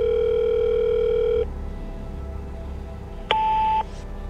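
A phone line tone as a call is dialed on a mobile phone: a steady electronic hum holds for about a second and a half, then after a low rumbling pause a single higher-pitched beep sounds briefly. No one speaks.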